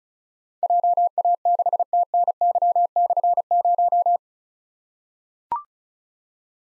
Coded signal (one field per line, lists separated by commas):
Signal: Morse code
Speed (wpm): 36 wpm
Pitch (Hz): 700 Hz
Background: none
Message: JA6TNY/0